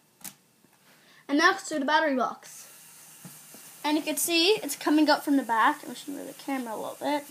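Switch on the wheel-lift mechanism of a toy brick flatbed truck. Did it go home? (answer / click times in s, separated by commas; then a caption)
yes / 0.3 s. A switch on the folded-down wheel-lift mechanism of a plastic-brick Lego flatbed truck is moved into position and clicks into place with one sharp hit at 0.3 s. Someone talks afterward.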